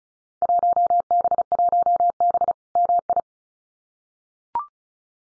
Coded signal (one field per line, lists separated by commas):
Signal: Morse code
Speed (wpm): 34 wpm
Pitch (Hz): 700 Hz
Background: none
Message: 1B1B MI